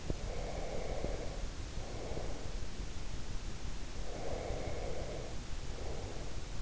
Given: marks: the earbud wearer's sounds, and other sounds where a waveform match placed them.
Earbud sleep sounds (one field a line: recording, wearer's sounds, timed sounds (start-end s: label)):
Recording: sounds in sleep by an in-ear microphone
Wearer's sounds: breath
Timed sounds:
0.28-2.72 s: breath
3.83-6.62 s: breath